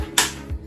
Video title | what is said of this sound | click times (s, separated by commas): Bugaboo Donkey Stroller Configurations | You'll hear it click. | 0.2 s